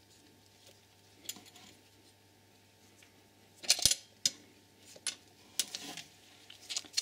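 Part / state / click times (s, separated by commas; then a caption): locking pin into belt tensioner / seated / 4.3 s. A metal locking tool is pushed through the back of the auxiliary belt tensioner on a 2.0 TDI Audi A6 C6 (4F) engine, shared with VW, Seat and Skoda, while the tensioner is held at its maximum extension. Over a low steady hum, light metallic clinks and scrapes build up, and a sharp click at about 4.3 s marks the pin seating. Scattered metallic taps follow as the tensioner is confirmed locked in place.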